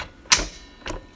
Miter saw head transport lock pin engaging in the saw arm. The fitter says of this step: going to lock back into place if you're using it that's not going to help you any